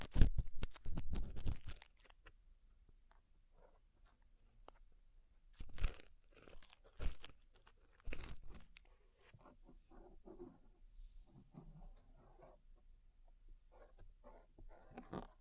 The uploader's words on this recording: ASMR Deep Ear Cleaning Session. (No Talking).